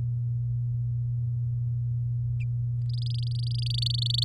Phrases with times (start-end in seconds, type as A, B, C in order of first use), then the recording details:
2.89-4.24 A. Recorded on 10 May 2018 at 16:04. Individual llb16